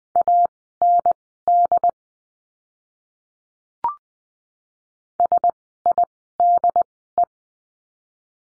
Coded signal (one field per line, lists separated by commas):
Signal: Morse code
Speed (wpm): 20 wpm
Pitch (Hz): 700 Hz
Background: none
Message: AND SIDE